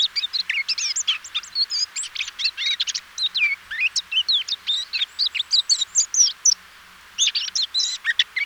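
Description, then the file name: Eurasian blackcap song, hurried warbling of scratchy and whistled notes, a short gap, then a final brief burst. "Sylvia atricapilla"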